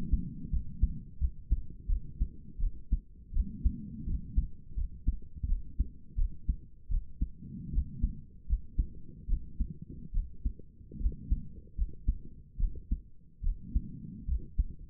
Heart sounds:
heart sounds by stethoscope; 78 bpm
0.51 s: heartbeat
1.19 s: heartbeat
1.88 s: heartbeat
2.59 s: heartbeat
3.33 s: heartbeat
4.06 s: heartbeat
4.76 s: heartbeat
5.47 s: heartbeat
6.17 s: heartbeat
6.90 s: heartbeat
7.72 s: heartbeat
8.48 s: heartbeat
9.28 s: heartbeat
10.13 s: heartbeat
10.99 s: heartbeat
11.76 s: heartbeat
12.58 s: heartbeat
13.42 s: heartbeat
14.27 s: heartbeat
From the record:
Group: healthy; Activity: rest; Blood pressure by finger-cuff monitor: 82/51 mmHg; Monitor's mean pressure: 63 mmHg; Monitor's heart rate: 80 bpm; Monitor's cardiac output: 6.8 L/min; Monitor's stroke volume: 83 mL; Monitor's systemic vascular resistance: 650 dyn s/cm5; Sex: female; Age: 22 years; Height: 163 cm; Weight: 67.1 kg

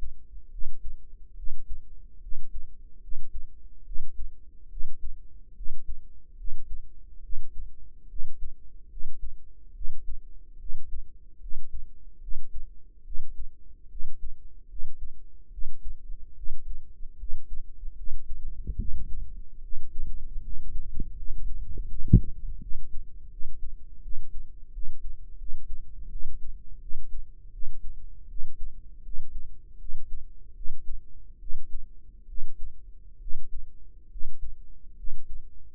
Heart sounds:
heart sounds by microphone in the right ear; 75 bpm
0.49 s: heartbeat
1.34 s: heartbeat
2.19 s: heartbeat
2.99 s: heartbeat
3.83 s: heartbeat
4.67 s: heartbeat
5.53 s: heartbeat
6.35 s: heartbeat
7.20 s: heartbeat
8.06 s: heartbeat
8.87 s: heartbeat
9.72 s: heartbeat
10.57 s: heartbeat
11.38 s: heartbeat
12.18 s: heartbeat
13.02 s: heartbeat
13.87 s: heartbeat
14.66 s: heartbeat
15.49 s: heartbeat
16.33 s: heartbeat
17.16 s: heartbeat
17.94 s: heartbeat
18.76 s: heartbeat
19.60 s: heartbeat
20.40 s: heartbeat
21.13 s: heartbeat
21.86 s: heartbeat
22.58 s: heartbeat
23.28 s: heartbeat
24.00 s: heartbeat
24.71 s: heartbeat
25.36 s: heartbeat
26.08 s: heartbeat
26.78 s: heartbeat
27.50 s: heartbeat
28.27 s: heartbeat
29.01 s: heartbeat
29.77 s: heartbeat
30.53 s: heartbeat
31.38 s: heartbeat
32.25 s: heartbeat
33.18 s: heartbeat
34.08 s: heartbeat
34.95 s: heartbeat
From the record:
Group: healthy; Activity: rest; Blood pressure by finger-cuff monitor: 115/78 mmHg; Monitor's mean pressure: 90 mmHg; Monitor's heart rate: 73 bpm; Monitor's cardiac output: 5.5 L/min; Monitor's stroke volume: 74 mL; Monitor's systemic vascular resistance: 1150 dyn s/cm5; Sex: female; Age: 22 years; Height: 160 cm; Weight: 45 kg

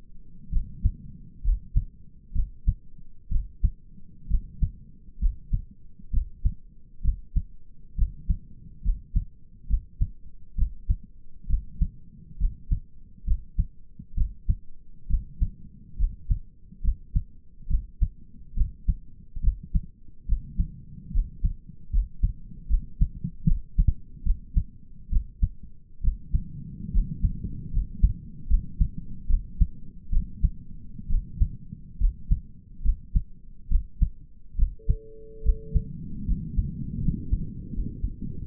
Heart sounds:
heart sounds by stethoscope; 70 bpm
0.52 s: heartbeat
1.44 s: heartbeat
2.35 s: heartbeat
3.31 s: heartbeat
4.30 s: heartbeat
5.21 s: heartbeat
6.12 s: heartbeat
7.04 s: heartbeat
7.97 s: heartbeat
8.84 s: heartbeat
9.69 s: heartbeat
10.57 s: heartbeat
11.49 s: heartbeat
12.39 s: heartbeat
13.26 s: heartbeat
14.16 s: heartbeat
15.09 s: heartbeat
15.98 s: heartbeat
16.83 s: heartbeat
17.69 s: heartbeat
18.56 s: heartbeat
19.43 s: heartbeat
20.28 s: heartbeat
21.13 s: heartbeat
21.92 s: heartbeat
22.69 s: heartbeat
23.46 s: heartbeat
24.25 s: heartbeat
25.11 s: heartbeat
26.03 s: heartbeat
26.93 s: heartbeat
27.72 s: heartbeat
28.49 s: heartbeat
29.29 s: heartbeat
30.12 s: heartbeat
31.10 s: heartbeat
32.00 s: heartbeat
32.84 s: heartbeat
33.70 s: heartbeat
34.57 s: heartbeat
35.44 s: heartbeat
36.27 s: heartbeat
37.01 s: heartbeat
37.72 s: heartbeat
38.43 s: heartbeat
From the record:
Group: healthy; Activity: rest 0-37 s, breath hold 37-38 s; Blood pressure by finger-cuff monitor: 109/71 mmHg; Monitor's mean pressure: 84 mmHg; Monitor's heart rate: 69 bpm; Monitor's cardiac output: 5.8 L/min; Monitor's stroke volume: 86 mL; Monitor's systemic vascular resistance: 1050 dyn s/cm5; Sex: male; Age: 22 years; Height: 181 cm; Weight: 79 kg

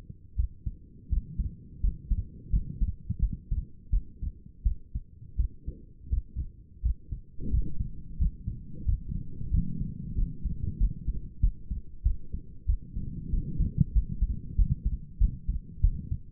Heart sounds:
heart sounds by stethoscope; 89 bpm
0.36 s: heartbeat
1.09 s: heartbeat
1.81 s: heartbeat
2.50 s: heartbeat
3.20 s: heartbeat
3.90 s: heartbeat
4.63 s: heartbeat
5.37 s: heartbeat
6.10 s: heartbeat
6.82 s: heartbeat
7.51 s: heartbeat
8.18 s: heartbeat
8.86 s: heartbeat
9.51 s: heartbeat
10.15 s: heartbeat
10.78 s: heartbeat
11.41 s: heartbeat
12.03 s: heartbeat
12.66 s: heartbeat
13.30 s: heartbeat
13.93 s: heartbeat
14.56 s: heartbeat
15.19 s: heartbeat
15.81 s: heartbeat
From the record:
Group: healthy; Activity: rest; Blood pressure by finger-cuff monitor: 120/75 mmHg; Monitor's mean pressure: 90 mmHg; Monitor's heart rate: 87 bpm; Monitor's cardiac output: 6.5 L/min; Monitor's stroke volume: 74 mL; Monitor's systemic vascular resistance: 1000 dyn s/cm5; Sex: female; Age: 37 years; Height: 168 cm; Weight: 70 kg

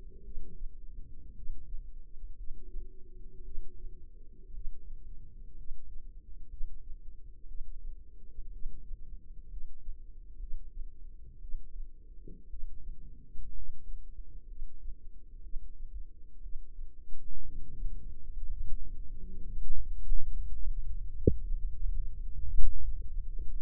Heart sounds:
heart sounds by microphone in the left ear; 59 bpm
0.23 s: heartbeat
1.34 s: heartbeat
2.35 s: heartbeat
3.43 s: heartbeat
4.52 s: heartbeat
5.56 s: heartbeat
6.48 s: heartbeat
7.46 s: heartbeat
8.51 s: heartbeat
9.48 s: heartbeat
10.38 s: heartbeat
11.40 s: heartbeat
12.48 s: heartbeat
13.53 s: heartbeat
14.46 s: heartbeat
15.41 s: heartbeat
16.41 s: heartbeat
17.43 s: heartbeat
18.32 s: heartbeat
19.18 s: heartbeat
20.22 s: heartbeat
21.41 s: heartbeat
22.52 s: heartbeat
23.46 s: heartbeat
From the record:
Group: healthy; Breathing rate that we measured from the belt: 14 breaths a minute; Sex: female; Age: 36 years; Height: 163 cm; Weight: 88 kg

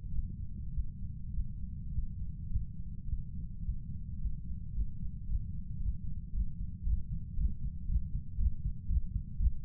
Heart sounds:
heart sounds by stethoscope; 110 bpm
0.09 s: heartbeat
0.71 s: heartbeat
1.31 s: heartbeat
1.90 s: heartbeat
2.48 s: heartbeat
3.05 s: heartbeat
3.61 s: heartbeat
4.16 s: heartbeat
4.71 s: heartbeat
5.25 s: heartbeat
5.78 s: heartbeat
6.31 s: heartbeat
6.83 s: heartbeat
7.35 s: heartbeat
7.86 s: heartbeat
8.37 s: heartbeat
8.87 s: heartbeat
9.37 s: heartbeat
From the record:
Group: healthy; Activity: Valsalva maneuver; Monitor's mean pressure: 42 mmHg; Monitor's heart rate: 109 bpm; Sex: male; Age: 23 years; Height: 178 cm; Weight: 96.6 kg

